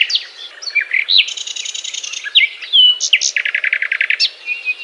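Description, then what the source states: Nightingale song, a rich varied phrase of sweeping whistles, a long buzzy trill and then a fast run of loud repeated notes. Song described as a love serenade.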